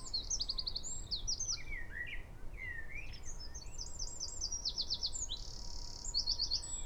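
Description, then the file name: Eurasian wren song, high fast trills and chattering notes repeated throughout over a noticeable hiss of background noise. "Troglodytes troglodytes"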